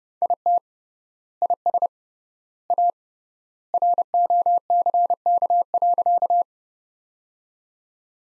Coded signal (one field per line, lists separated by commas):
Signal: Morse code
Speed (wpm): 30 wpm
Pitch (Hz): 700 Hz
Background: none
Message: IT IS A ROCK.